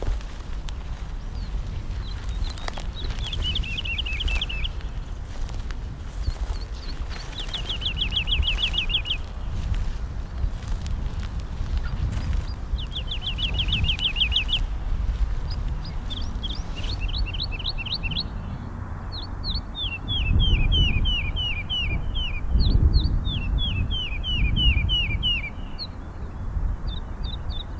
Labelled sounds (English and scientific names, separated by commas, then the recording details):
Wood Lark (Lullula arborea)
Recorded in the wild
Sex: male
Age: adult
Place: Schönow, Naturpark Barnim, Brandenburg, DE
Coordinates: 52.6847, 13.5225
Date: 2005-03-21 10:07
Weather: fair, 2 - 3°C, slightly windy
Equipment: Tascam DA-P1, Sennheiser MKH 70, Windschutz
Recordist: Frommolt, Karl-Heinz